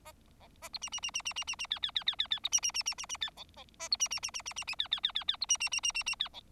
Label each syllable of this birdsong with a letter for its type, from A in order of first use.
A B C C C C C C C C D D D D D D B C C C C C C D E E A B C C C C C C C D D D D D B C C C C C C D E